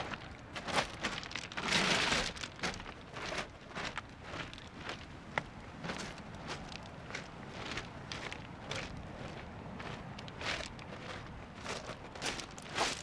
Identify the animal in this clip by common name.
Arctic Fox